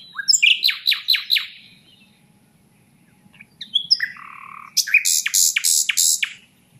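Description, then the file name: Common nightingale: a series of sharp repeated notes, a pause, then a low whistle and loud rasping repeated notes. "Luscinia megarhynchos"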